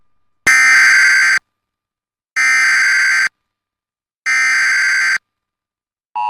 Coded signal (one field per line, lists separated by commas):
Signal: Emergency Alert System (SAME) tones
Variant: header bursts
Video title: #EAS #flashfloodwarning Carolina 2:09pm #prwx #PuertoRico #suscribete